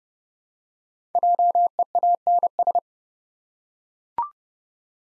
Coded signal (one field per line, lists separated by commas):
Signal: Morse code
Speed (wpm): 30 wpm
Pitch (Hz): 700 Hz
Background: none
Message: JEANS